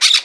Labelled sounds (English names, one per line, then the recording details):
Brown-throated Parakeet contact call
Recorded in Margarita
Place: San Francisco, near stadium
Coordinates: 11.018, -64.294